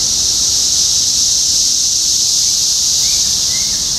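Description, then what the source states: A steady, shrill cicada chorus drones throughout, with a faint chirp or two near the end. Topeka, Kansas; 14 June 2015.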